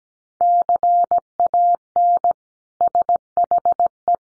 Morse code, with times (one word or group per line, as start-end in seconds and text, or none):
0.4-2.3 CAN
2.8-4.1 SHE